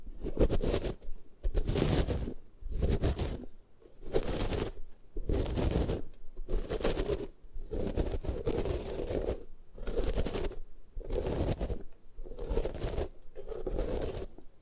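Gym chalk being crushed and ground in repeated gritty strokes, each lasting about a second with short quiet gaps between. The rhythm is fairly regular, about eight strokes across the clip, each a dense, scratchy crunch with a bright, hissing top.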